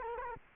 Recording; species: mosquito wingbeat signal from an infrared sensor; Culex quinquefasciatus